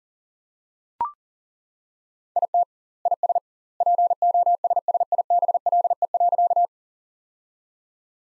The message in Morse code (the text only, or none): IT IS POSSIBLE.